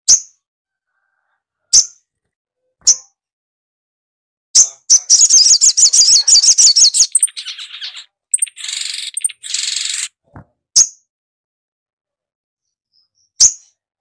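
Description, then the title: Spiderhunter song: single high thin notes spaced apart, then a fast rattling trill and harsh buzzy chatter before more isolated chirps. Training recording for teaching songbirds. "Masteran Burung Sogok Ontong Labaik"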